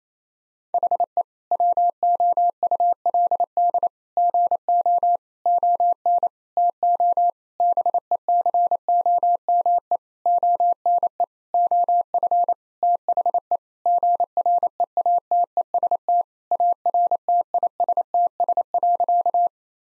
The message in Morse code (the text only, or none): HE WOULD GO ON TO BECOME ONE OF THE GREATEST ARTISTS.